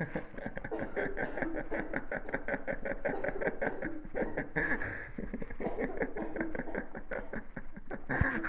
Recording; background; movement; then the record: laughter; a bystander coughing; sitting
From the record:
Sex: male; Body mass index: 22.0 kg/m2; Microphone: on the chest, facing the body